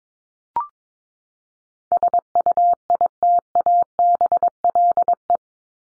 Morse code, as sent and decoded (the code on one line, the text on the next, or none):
... ..- .. - .- -... .-.. .
SUITABLE